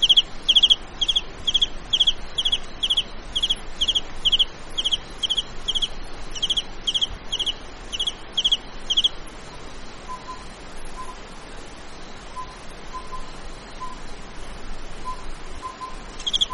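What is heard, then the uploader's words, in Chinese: A cricket in a mountain valley chirps in quick, evenly spaced bursts for the first nine seconds, high and bright, then stops until a brief return at the very end. A faint low tone pulses intermittently in the middle, over a steady low hum. 山谷蟋蟀 频率3+4次 大自然声音。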